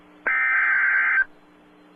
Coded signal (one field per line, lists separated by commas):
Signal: Emergency Alert System (SAME) tones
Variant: header bursts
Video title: EAS Alert #112- Severe T-storm Warning 5-29-12